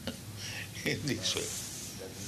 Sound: laughs

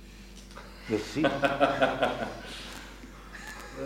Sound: laughs

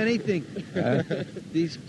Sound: laughs

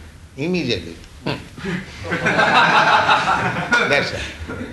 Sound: laughter

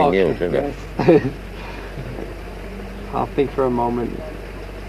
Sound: laughs

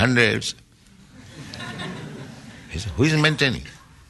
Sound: laughter

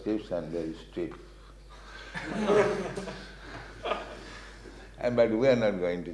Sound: laughter

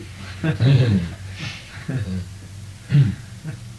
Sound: laughter

